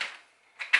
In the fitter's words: with the other making sure that you hear the clicking sound